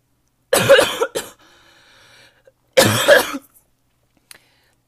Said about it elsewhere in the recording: I'm still coughing. I did get cough medicine. But obviously it's not doing the most it can, because I'm still coughing like a crazy person.